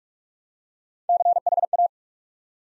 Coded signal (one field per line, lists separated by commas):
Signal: Morse code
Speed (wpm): 44 wpm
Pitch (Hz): 700 Hz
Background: none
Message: CHA